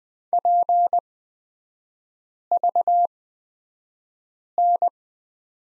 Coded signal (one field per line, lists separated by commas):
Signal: Morse code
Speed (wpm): 20 wpm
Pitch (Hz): 700 Hz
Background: none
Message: PVN